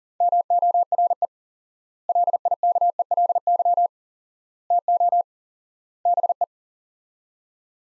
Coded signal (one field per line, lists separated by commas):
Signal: Morse code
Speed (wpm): 40 wpm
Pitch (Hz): 700 Hz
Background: none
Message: MORE LIKELY TO BE